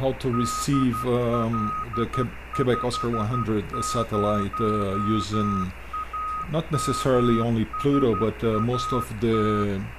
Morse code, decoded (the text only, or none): DL50AMSAT